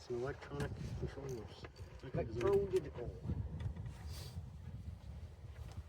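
A wiring connector is being lined up with its mating socket near the electronic controller on a lawn tractor, not yet pushed fully in, while someone talks. Faint handling noise and a couple of brief soft taps, around 3.6 and 5.7 seconds, sit under the voices. Nothing has seated or clicked yet.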